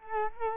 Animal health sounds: mosquito wingbeat signal from an infrared sensor; Culex quinquefasciatus

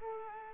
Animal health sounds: mosquito wingbeat signal from an infrared sensor; Culex pipiens

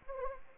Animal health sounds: mosquito wingbeat signal from an infrared sensor; Anopheles gambiae

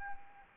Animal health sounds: mosquito wingbeat signal from an infrared sensor; Anopheles gambiae

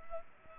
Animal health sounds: mosquito wingbeat signal from an infrared sensor; Culex pipiens

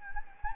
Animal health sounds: mosquito wingbeat signal from an infrared sensor; Anopheles gambiae

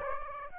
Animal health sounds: mosquito wingbeat signal from an infrared sensor; Aedes aegypti

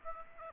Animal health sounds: mosquito wingbeat signal from an infrared sensor; Aedes aegypti

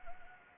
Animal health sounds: mosquito wingbeat signal from an infrared sensor; Anopheles arabiensis

